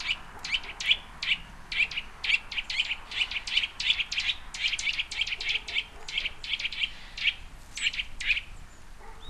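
Bird giving rapid, dense chirping: sharp high notes repeated over and over, almost without pause, for the whole stretch.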